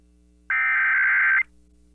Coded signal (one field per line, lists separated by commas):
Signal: Emergency Alert System (SAME) tones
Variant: header bursts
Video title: EAS Required Monthly Test South Dakota Statewide +WeatherSTAR4000 (KBRK-FM Brookings, SD)